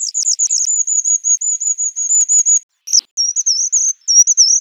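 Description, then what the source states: Bird song: thin, very high whistled notes, first quick and stuttering, then a long wavering tone, then short looping warbled phrases. Segmented bird song unit.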